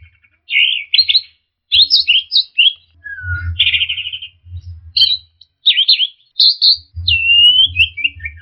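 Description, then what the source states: Orange-headed thrush song: rapid chains of sweet and harsh phrases, a descending whistle near the end, delivered almost continuously, with a soft low rumble underneath. Masteran (training) recording.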